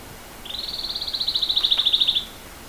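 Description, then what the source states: Pene Sigi bird, a fast high-pitched trill of evenly spaced notes running just under two seconds and swelling in loudness, with a faint click midway. Bird known locally as Pene Sigi, recorded in Papua New Guinea.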